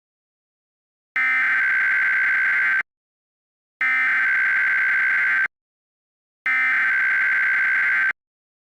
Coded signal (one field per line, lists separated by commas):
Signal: Emergency Alert System (SAME) tones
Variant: header bursts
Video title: EAS Scenario 1: The Big Orlando Riot of 2022!